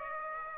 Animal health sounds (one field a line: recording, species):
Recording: mosquito wingbeat signal from an infrared sensor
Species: Aedes aegypti